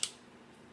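The front pin at the front end of an AR-15 rifle receiver is pushed back into place, giving one short, sharp snap at 0.0 s followed by a quiet low background. The pin snaps back in and is seated.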